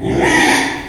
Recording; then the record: squeal of a Yucatan mini pig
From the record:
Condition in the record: after surgery on the right vocal fold (resection and tissue-engineered implant); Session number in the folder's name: 3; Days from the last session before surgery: 33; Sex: male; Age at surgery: 12 weeks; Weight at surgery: 13 kg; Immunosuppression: cyclosporine, prednisolone